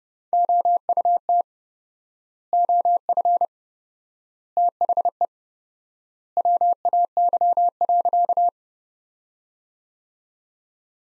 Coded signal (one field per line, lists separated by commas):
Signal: Morse code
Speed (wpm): 32 wpm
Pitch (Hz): 700 Hz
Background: none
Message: OUT OF THE WAY.